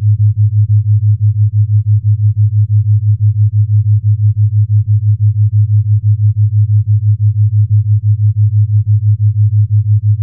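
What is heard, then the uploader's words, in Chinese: A theta brainwave tone pulsing at 6Hz: a single low, steady hum that throbs in rapid, perfectly even beats, about six per second, for the whole clip. Nothing else is heard; the pitch and loudness never change until it cuts off at the end. 西塔脑波6Hz丨θ频率。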